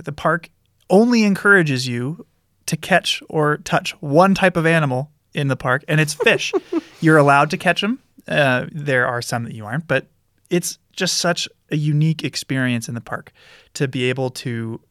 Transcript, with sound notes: The park only encourages you to catch or touch one type of animal in the park, and it's fish. [laughs] You're allowed to catch them. There are some that you aren't, but it's just such a unique experience in the park to be able to